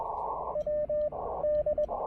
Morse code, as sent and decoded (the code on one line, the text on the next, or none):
.-- / -..
W D